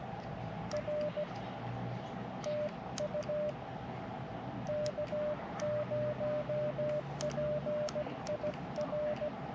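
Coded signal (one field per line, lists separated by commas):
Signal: Morse code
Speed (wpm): 16 wpm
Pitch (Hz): 600 Hz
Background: none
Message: R TU K0PIR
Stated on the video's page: Portable POTA operation while camping with an Icom IC-7300 and Hi-Q mobile antenna plus wire, or Elecraft KX2.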